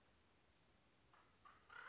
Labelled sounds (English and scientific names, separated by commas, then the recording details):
Western Flycatcher (Empidonax difficilis)
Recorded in Sonoma County, California